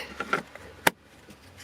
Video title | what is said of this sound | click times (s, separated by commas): 2013-17 Subaru Crosstrek Cabin Dust Filter Replacement | You hear that little snap? And she's all in. | 0.9 s